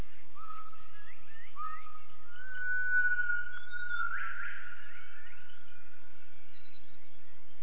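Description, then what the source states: Gibbon calls: a series of whistled rising notes, then a long steady whistled tone, ending in a brief noisy burst with fainter whistles after. Acoustic triangulation study.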